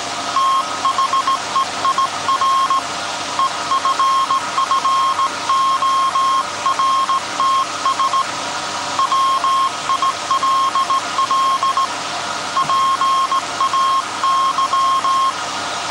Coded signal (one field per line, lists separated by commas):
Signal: Morse code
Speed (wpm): 17 wpm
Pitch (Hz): 1070 Hz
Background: none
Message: THEIR EFFORTS WILL PAY